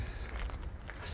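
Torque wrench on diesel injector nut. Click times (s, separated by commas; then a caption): 0.9 s. A torque wrench tightens the fuel-line nut on a Siemens diesel injector in a Citroën Berlingo HDi 90 until it reaches its set torque. Against a low rumble, a few faint ticks of the ratcheting are followed by a sharp click at 0.9 s as the wrench reaches its setting and the nut is confirmed tight.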